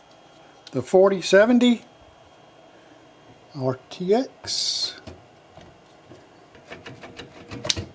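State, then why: Seated. An RTX 4070 graphics card is pushed into a motherboard's PCIe x16 slot while someone talks. A few light taps and scrapes follow, then the slot's retention latch snaps with a sharp click at 7.7 s as the card seats.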